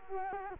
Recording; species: mosquito wingbeat signal from an infrared sensor; Culex quinquefasciatus